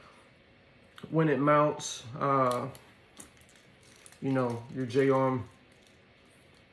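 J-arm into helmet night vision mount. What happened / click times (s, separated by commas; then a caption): The mount arm is handled but not yet seated / none. Someone talks while handling the J-arm of a monocular night vision mount as it is brought to its mount on the helmet, with a few brief faint handling ticks around 3.2 s, 3.4 s and 4.1 s between the speech. Nothing has seated or clicked yet.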